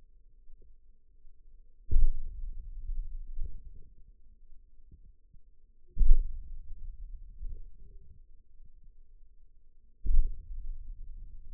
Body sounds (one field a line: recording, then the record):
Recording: forearm muscle sounds (acoustic myography)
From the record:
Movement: hand opening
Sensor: system 2, bracelet of six BSWA MPA416 microphones around the upper forearm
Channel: 4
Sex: male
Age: 22 years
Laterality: right